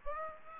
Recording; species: mosquito wingbeat signal from an infrared sensor; Aedes aegypti